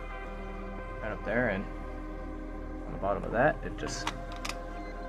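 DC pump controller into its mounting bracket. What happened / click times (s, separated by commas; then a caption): The controller is being handled on its mount; no clear seating click yet / none. A DC pump controller is being handled against its aquarium mount bracket while someone talks over steady background music, with a few small handling taps near the end. Nothing has seated or clicked into place yet.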